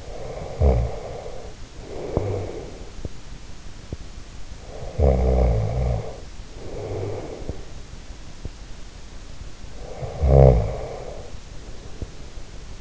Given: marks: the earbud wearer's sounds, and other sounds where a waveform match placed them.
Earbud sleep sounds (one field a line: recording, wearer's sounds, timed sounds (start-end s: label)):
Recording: sounds in sleep by an in-ear microphone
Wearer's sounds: snoring breath, teeth grinding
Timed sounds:
0.00-3.18 s: snoring breath
1.98-2.74 s: teeth grinding
4.73-7.83 s: snoring breath
9.80-12.81 s: snoring breath